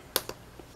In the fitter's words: qu on a entendu l'ancrage c'est parce que c'est solide